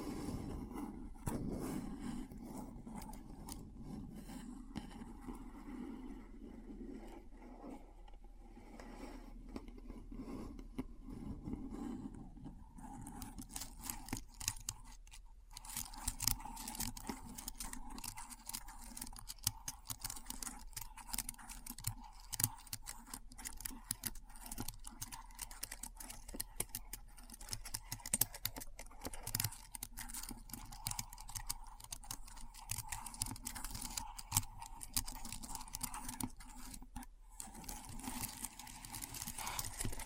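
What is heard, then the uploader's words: Keyboard typing, quiet and sparse for the first dozen seconds, then from about 13 seconds a dense, fast run of crisp key clicks that continues to the end with brief pauses near 15 and 37 seconds. A steady low hum sits underneath throughout. ASMR Keyboard Sounds (No Talking).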